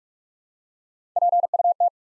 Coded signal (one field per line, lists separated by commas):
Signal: Morse code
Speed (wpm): 44 wpm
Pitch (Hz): 700 Hz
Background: none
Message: PUT